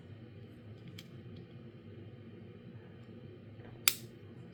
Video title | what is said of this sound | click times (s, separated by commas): Samsung Galaxy Watch Ultra - Unboxing and First Impressions - Dark Gray Marine and Trail Bands | see you hear that click | 3.9 s